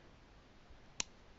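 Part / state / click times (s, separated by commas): rotating piece of a plastic transforming action figure turning into its locked position on the figure body / seated / 1.0 s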